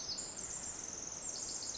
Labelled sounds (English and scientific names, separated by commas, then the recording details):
Pacific Wren (Troglodytes pacificus)
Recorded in Sonoma County, California